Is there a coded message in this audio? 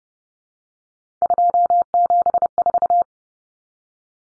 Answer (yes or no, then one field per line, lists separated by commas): yes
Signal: Morse code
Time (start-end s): 1.2-3.0 s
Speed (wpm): 30 wpm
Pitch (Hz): 700 Hz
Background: none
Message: 274